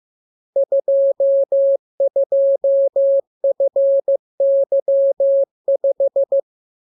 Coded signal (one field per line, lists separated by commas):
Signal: Morse code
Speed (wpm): 15 wpm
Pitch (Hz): 550 Hz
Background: none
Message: 22FY5